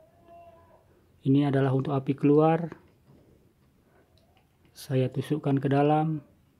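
Someone talks while pushing the outgoing live wire into the self-locking push-in terminal of an electrical fitting, with a few faint handling ticks around 4.2 to 4.7 seconds between the spoken phrases. The wire has not yet seated or clicked into the terminal by the end of the clip.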